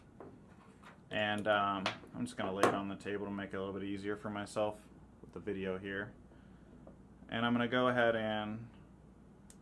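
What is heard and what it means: Someone talks while a small wrench lies on a table and the micrometer's ratchet thimble is turned in to close its steel spindle onto the wrench. A single sharp tick at 9.5 s is the ratchet stop clicking on contact.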